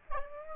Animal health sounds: mosquito wingbeat signal from an infrared sensor; Aedes aegypti

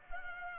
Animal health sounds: mosquito wingbeat signal from an infrared sensor; Culex pipiens

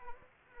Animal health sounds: mosquito wingbeat signal from an infrared sensor; Anopheles arabiensis

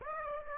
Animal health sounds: mosquito wingbeat signal from an infrared sensor; Aedes aegypti

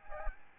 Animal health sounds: mosquito wingbeat signal from an infrared sensor; Aedes albopictus

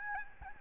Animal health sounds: mosquito wingbeat signal from an infrared sensor; Aedes albopictus

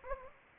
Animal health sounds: mosquito wingbeat signal from an infrared sensor; Anopheles gambiae

